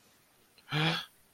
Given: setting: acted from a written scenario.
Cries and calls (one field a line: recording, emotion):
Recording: vocal sound without words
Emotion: awe